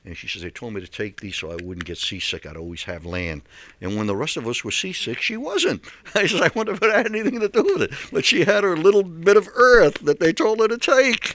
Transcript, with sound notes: And she says, "They told me to take these so I wouldn't get seasick. I'd always have land." And when the rest of us were seasick she wasn't. (he laughs) I says I wonder if that had anything to do with it. But she had her little bit of earth that they told her to take.